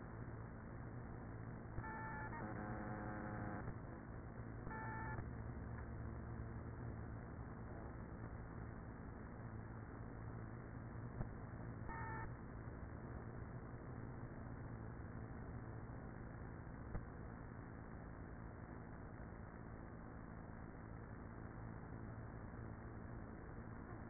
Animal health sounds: honeybee colony, microphone inside the hive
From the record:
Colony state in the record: queenless with a low population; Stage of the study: after two queens were removed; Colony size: about 30,000 bees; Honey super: no

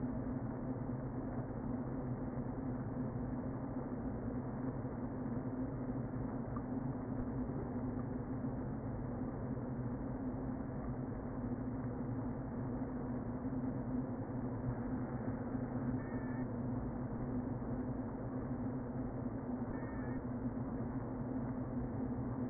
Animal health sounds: honeybee colony, microphone inside the hive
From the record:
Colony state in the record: queen present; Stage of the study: before two queens were removed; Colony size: about 60,000 bees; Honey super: yes

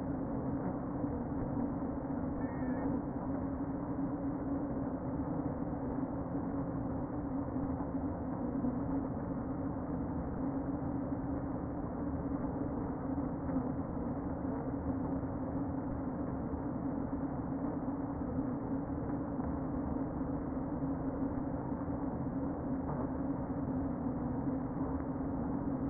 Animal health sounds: honeybee colony, microphone inside the hive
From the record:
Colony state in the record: queen present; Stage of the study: before two queens were removed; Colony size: about 60,000 bees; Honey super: yes

